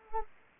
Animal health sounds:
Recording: mosquito wingbeat signal from an infrared sensor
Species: Anopheles arabiensis

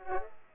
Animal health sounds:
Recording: mosquito wingbeat signal from an infrared sensor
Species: Culex pipiens

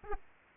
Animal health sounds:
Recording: mosquito wingbeat signal from an infrared sensor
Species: Aedes aegypti

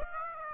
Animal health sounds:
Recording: mosquito wingbeat signal from an infrared sensor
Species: Aedes aegypti

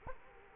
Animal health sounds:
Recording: mosquito wingbeat signal from an infrared sensor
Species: Culex quinquefasciatus

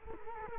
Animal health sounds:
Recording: mosquito wingbeat signal from an infrared sensor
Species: Culex quinquefasciatus

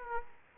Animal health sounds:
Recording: mosquito wingbeat signal from an infrared sensor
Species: Aedes aegypti

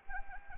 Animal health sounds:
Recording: mosquito wingbeat signal from an infrared sensor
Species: Anopheles arabiensis

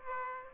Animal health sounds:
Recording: mosquito wingbeat signal from an infrared sensor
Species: Aedes aegypti

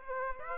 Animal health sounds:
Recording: mosquito wingbeat signal from an infrared sensor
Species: Aedes aegypti

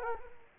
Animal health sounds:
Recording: mosquito wingbeat signal from an infrared sensor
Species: Culex quinquefasciatus

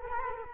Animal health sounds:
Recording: mosquito wingbeat signal from an infrared sensor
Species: Culex quinquefasciatus

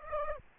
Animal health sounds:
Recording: mosquito wingbeat signal from an infrared sensor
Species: Aedes aegypti

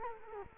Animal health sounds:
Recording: mosquito wingbeat signal from an infrared sensor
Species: Culex quinquefasciatus

